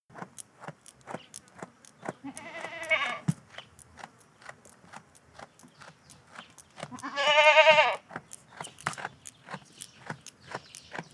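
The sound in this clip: Goat bleats twice, a wavering baa and later a louder, rasping one, while steady clicking chewing sounds tick along throughout.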